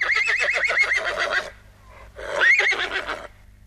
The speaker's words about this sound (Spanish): ¡Caballo!